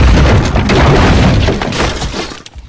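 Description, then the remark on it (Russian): A loud, dull, dry crack of a wooden ladder's third rung snapping as someone steps onto it while climbing toward a hatch, followed by a dense stretch of crunching, splintering noise that lasts a couple of seconds before abruptly dropping away. No voices. “Раздается гулкий сухой треск.”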